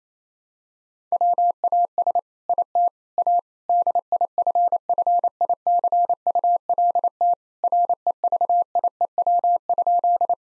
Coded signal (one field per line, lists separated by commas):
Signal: Morse code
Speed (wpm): 28 wpm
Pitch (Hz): 700 Hz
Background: none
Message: WAS IT A DIFFICULT REVIEW?